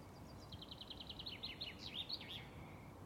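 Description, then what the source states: Bird song, a rapid run of high chirped notes followed by a few louder swooping phrases, over a steady low background rumble. Summer evening, outdoors.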